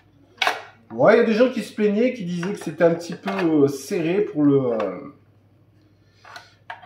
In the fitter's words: tac impeccable ça se clipse bien